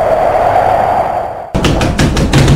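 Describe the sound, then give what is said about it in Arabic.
In a radio drama about Imam Sufyan al-Thawri, a steady low hum gives way to the chief of police loudly knocking on a door, about five heavy thudding raps in a quick, slightly uneven rhythm. “ترى من بالباب؟ ريحانة، افتحي الباب يا ريحانة.”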